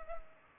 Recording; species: mosquito wingbeat signal from an infrared sensor; Culex pipiens